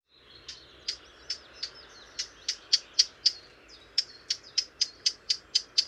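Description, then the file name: Eurasian blackcap's sharp tacking calls begin sparsely, then come faster, three to four clicks a second toward the end, with soft background hiss. "Sylvia atricapilla"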